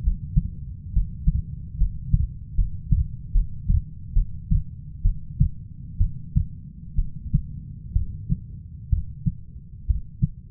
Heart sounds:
heart sounds by stethoscope; 67 bpm
0.03 s: heartbeat
0.93 s: heartbeat
1.77 s: heartbeat
2.55 s: heartbeat
3.32 s: heartbeat
4.13 s: heartbeat
5.02 s: heartbeat
5.98 s: heartbeat
6.95 s: heartbeat
7.93 s: heartbeat
8.90 s: heartbeat
9.87 s: heartbeat
From the record:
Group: healthy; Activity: rest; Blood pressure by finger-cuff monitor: 142/64 mmHg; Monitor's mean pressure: 92 mmHg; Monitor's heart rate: 63 bpm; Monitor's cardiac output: 6.3 L/min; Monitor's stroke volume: 96 mL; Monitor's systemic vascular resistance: 1050 dyn s/cm5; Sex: female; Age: 37 years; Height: 168 cm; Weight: 70 kg

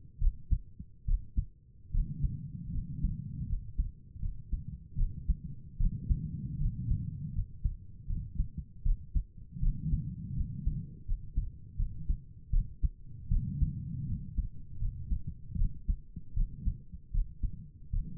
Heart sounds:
heart sounds by stethoscope; 78 bpm
0.20 s: heartbeat
1.06 s: heartbeat
1.92 s: heartbeat
2.73 s: heartbeat
3.48 s: heartbeat
4.21 s: heartbeat
4.97 s: heartbeat
5.79 s: heartbeat
6.59 s: heartbeat
7.34 s: heartbeat
8.08 s: heartbeat
8.84 s: heartbeat
9.61 s: heartbeat
10.36 s: heartbeat
11.06 s: heartbeat
11.78 s: heartbeat
12.52 s: heartbeat
13.30 s: heartbeat
14.07 s: heartbeat
14.80 s: heartbeat
15.57 s: heartbeat
16.35 s: heartbeat
17.13 s: heartbeat
17.91 s: heartbeat
From the record:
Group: healthy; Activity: rest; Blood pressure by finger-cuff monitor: 93/61 mmHg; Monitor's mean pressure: 70 mmHg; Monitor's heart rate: 79 bpm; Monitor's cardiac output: 6 L/min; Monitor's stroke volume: 78 mL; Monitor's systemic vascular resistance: 830 dyn s/cm5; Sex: female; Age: 22 years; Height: 163 cm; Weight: 67.1 kg

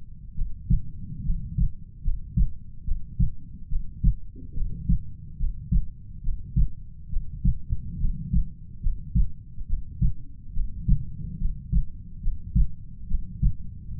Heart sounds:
heart sounds by stethoscope; 71 bpm
0.34 s: heartbeat
1.23 s: heartbeat
2.02 s: heartbeat
2.84 s: heartbeat
3.68 s: heartbeat
4.53 s: heartbeat
5.37 s: heartbeat
6.21 s: heartbeat
7.09 s: heartbeat
7.98 s: heartbeat
8.81 s: heartbeat
9.66 s: heartbeat
10.53 s: heartbeat
11.38 s: heartbeat
12.20 s: heartbeat
13.07 s: heartbeat
13.96 s: heartbeat
From the record:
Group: healthy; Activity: rest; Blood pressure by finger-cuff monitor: 101/76 mmHg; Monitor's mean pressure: 85 mmHg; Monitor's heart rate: 70 bpm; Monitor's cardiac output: 5.7 L/min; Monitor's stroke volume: 82 mL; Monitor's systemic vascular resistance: 1080 dyn s/cm5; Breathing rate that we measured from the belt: 18 breaths a minute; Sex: female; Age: 22 years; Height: 160 cm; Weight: 45 kg

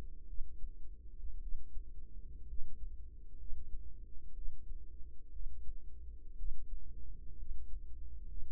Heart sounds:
heart sounds by microphone in the right ear; 60 bpm
0.25 s: heartbeat
1.38 s: heartbeat
2.45 s: heartbeat
3.35 s: heartbeat
4.32 s: heartbeat
5.30 s: heartbeat
6.35 s: heartbeat
7.35 s: heartbeat
8.26 s: heartbeat
From the record:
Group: healthy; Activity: rest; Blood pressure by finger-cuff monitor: 98/62 mmHg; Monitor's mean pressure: 72 mmHg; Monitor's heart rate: 59 bpm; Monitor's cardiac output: 4.7 L/min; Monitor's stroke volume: 78 mL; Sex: female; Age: 36 years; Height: 163 cm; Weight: 88 kg

